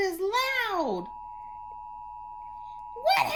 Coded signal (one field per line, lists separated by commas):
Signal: Emergency Alert System (SAME) tones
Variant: 853 and 960 Hz attention tone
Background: speech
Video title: EAS Tornado Warning interrupts The Lion King (NEW YEAR SPECIAL!) (Volume Warning)